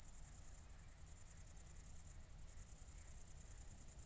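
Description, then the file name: Cricket chirping, rapid shrill pulses in trilled bursts with short breaks, over a faint low hum. Crickets recorded at night, 00:53 on 4 August 2014, at Nordring, Kirchmöser, Brandenburg, Germany. "City Country Me Brandenburg Kirchmoeser Nordring Grillen 201408040053"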